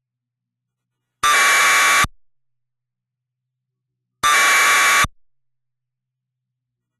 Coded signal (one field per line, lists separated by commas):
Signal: packet radio (AX.25, as in APRS)